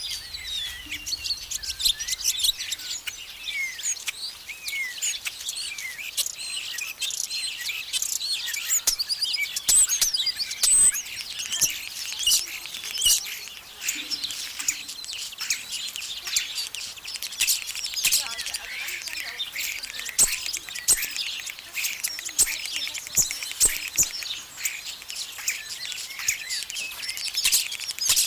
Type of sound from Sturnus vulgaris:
song